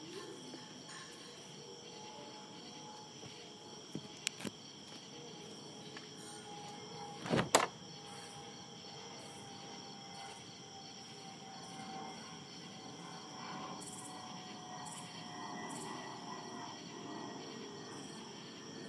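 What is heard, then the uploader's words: Crickets chirp in a steady, dense layer of high trilling that holds through the whole stretch. A low rumble runs underneath, and a few sharp clicks or knocks break in around four and a half seconds and again near seven and a half. ASMR Crickets Chirping.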